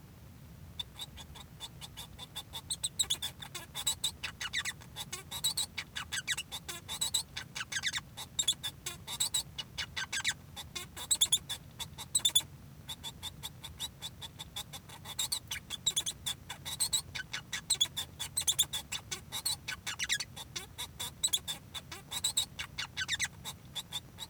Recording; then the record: song of a male Bengalese finch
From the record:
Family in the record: son of father 1